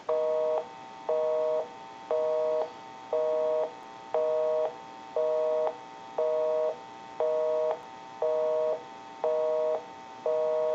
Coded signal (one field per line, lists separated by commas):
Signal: telephone call progress tone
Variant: North America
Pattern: busy tone